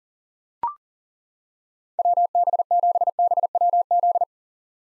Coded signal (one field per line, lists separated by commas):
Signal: Morse code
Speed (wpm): 37 wpm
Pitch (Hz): 700 Hz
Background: none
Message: WB7BWZ